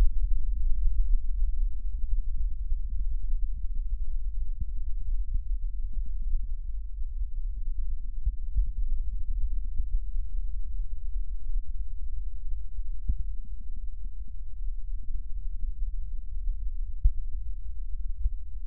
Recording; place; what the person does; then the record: lung sounds by stethoscope; left posterior basal chest; quiet breathing, then deep breathing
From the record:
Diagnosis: asthma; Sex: female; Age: 65 years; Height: 157 cm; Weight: 70.2 kg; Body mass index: 28.5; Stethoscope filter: bell mode